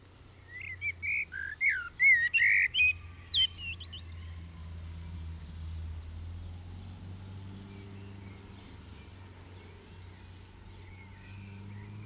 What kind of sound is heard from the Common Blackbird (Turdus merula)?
song